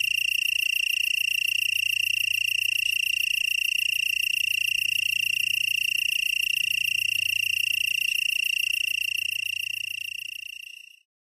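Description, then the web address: Black-horned tree cricket trilling, a constant high pulsed chirr held steady for about ten seconds before fading out to silence. "Songs of Insects. Black-horned Tree Cricket"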